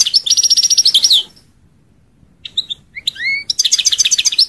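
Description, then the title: European goldfinch song with a quick trilled run, a pause, a few whistled notes, then another fast tinkling trill. "Chant Chardonneret"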